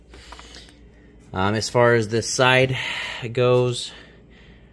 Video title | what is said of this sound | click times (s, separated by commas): SOS Tele Aid Malfunction - W211 Mercedes E-Class Repair DIY | and they'll pop out | 0.3 s, 0.4 s, 0.5 s